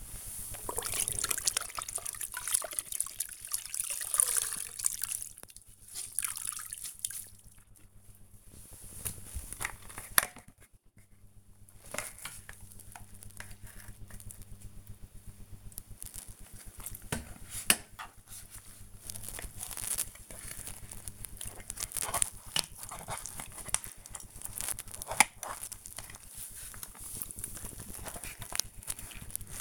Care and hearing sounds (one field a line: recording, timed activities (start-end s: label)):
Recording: household activities, microphone on the right wrist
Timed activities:
0.04-29.61 s: floor cleaning